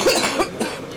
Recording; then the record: coughing mixed with background sound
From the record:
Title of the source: 61 morning phlegmy cough...again